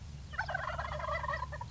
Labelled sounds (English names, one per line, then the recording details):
Wild Turkey
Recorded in Sonoma County, California